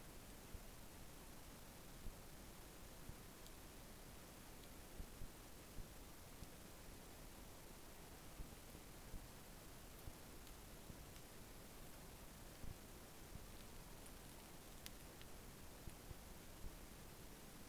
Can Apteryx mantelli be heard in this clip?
no